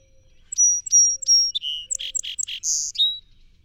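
Song sparrow song: three ringing whistles, a buzzy low note, a burst of rough chips, a high buzz and a tapering final note.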